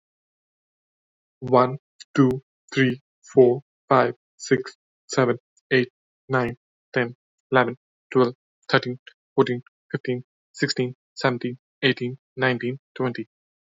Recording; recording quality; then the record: counting at a normal pace; excellent, no background noise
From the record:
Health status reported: healthy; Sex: male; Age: 30 years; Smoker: no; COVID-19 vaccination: one dose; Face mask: not worn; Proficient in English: yes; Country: India